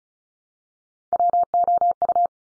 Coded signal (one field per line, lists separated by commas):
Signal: Morse code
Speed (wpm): 36 wpm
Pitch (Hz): 700 Hz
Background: none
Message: WOU